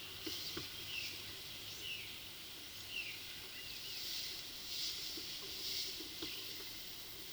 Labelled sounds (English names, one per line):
Violaceous Jay
Yellow-crowned Tyrannulet